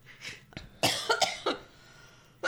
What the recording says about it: That's the seal cough I've had since I was a kid. My dad gave me that cough because he was a smoker. That's what I sound like when I get that deep cough.